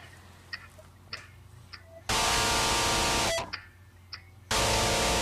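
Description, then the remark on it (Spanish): A metronome ticks at a steady, fairly quick pace with sharp, faint clicks, twice drowned out by sudden loud bursts of harsh static-like hiss. “Bueno, espere, le subo el metrónomo.”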